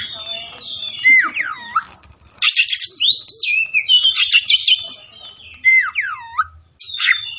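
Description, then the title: Oriental magpie-robin singing clear downward-sweeping whistles alternating with dense harsh buzzy phrases, the whistled pattern repeated twice. Tretes; singing vigorously (gacor). "Kacer Tretes"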